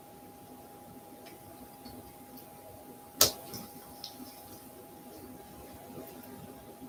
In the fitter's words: the prongs into the adapter holder. Push that up so it locks in place.